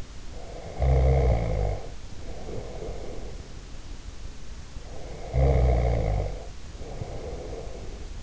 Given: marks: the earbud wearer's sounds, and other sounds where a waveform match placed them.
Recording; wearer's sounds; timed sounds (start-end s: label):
sounds in sleep by an in-ear microphone; snoring breath
0.27-3.56 s: snoring breath
4.86-8.23 s: snoring breath